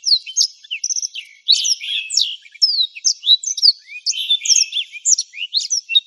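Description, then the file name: Black-throated Canary: blackthroat song, a sprightly, high twittering medley of slurred whistles, short buzzes and quick trilled phrases, with one brief gap near the start. "suara burung blackthroat"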